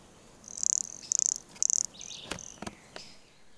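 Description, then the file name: Toadlet calls: three high, rapidly pulsed buzzy notes in quick succession, followed by sharp clicks and soft bird chirps. Recorded at Serra Água Limpa on 26 October 2011. "MHNCI Brachycephalus sulfuratus Serra Agua Limpa 26 out 2011 MRBornschein"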